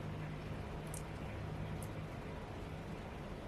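A camera lens cover is being pressed into the housing of a Samsung S7 edge smartphone during a lens replacement, reusing the original glue. A steady broadband hiss with a low hum runs throughout, with faint brief high-pitched ticks near 0.9 and 1.8 seconds. Nothing has seated or clicked yet.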